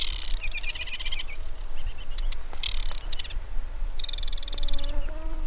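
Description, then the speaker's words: Aquatic Warbler singing three short phrases of rattling trills over a steady low rumble. Singing male in a sedge marsh beside a boardwalk; sings quietly and delicately compared with the Sedge Warbler; hard to spot even when singing very close. "Udało mi się nagrać śpiew wodniczki."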